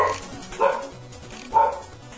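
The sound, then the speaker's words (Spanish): A dog barks twice, about a second apart, each bark a short, mid-pitched burst over a low, steady background hum. “Es tan chido el programa que los perros no se callan.”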